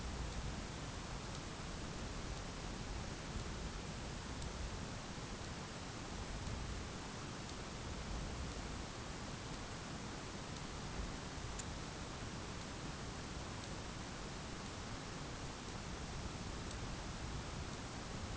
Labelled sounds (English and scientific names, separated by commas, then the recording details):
none
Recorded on Arctic tundra, site ZACK-1, on 11 June 2019
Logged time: 01:49